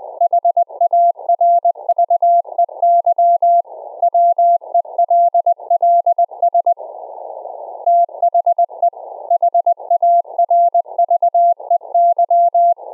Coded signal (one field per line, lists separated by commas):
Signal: Morse code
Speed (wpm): 20 wpm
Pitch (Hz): 690 Hz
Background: none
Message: HARVEY WELLS THE HARVEY